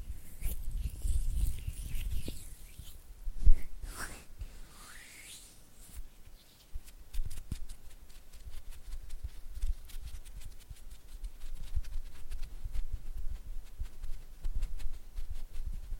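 Oily hand and flutter finger sounds: wet, slippery rubbing with rapid, fluttering clicks and taps scattered throughout. A sharp smack lands near 3.5 seconds, followed by a few smeared, sliding squeaks, then denser quick tapping from about 7 seconds to the end over a low rumble.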